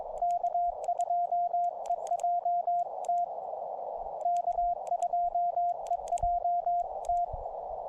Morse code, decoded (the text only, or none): K2EJT K2EJT